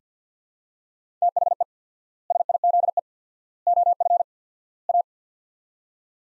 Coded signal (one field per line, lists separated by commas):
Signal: Morse code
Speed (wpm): 49 wpm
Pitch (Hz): 700 Hz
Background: none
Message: THE SIZE OF A